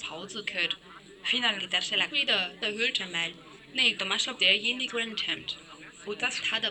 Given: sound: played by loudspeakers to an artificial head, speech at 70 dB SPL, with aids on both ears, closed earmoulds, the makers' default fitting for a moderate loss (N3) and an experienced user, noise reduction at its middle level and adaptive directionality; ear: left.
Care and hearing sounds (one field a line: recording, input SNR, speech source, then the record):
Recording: speech test signal (ISTS) in cocktail-party noise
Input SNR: +9 dB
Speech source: in front (0 degrees)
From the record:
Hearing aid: class 1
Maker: C